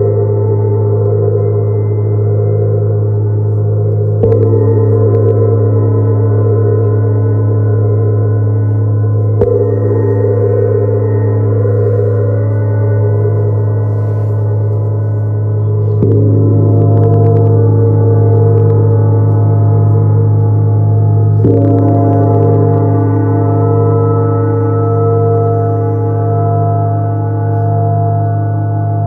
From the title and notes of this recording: 30-Day Neptune Gong Challenge.